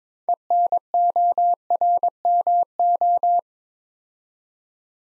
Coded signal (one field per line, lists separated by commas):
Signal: Morse code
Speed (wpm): 22 wpm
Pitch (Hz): 700 Hz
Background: none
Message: ENORMO